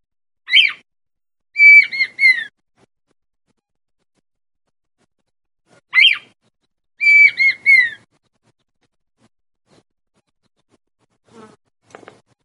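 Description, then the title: Red-winged tinamou song repeated twice about five seconds apart, each a rising whistle followed by three falling whistled notes, then a few faint soft calls. Male singing to the female. "Perdiz Cantando. Perdiz Macho Cantando Para A Fêmea"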